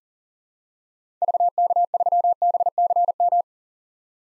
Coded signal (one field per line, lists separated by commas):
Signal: Morse code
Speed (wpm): 38 wpm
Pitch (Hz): 700 Hz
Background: none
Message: VK3BCM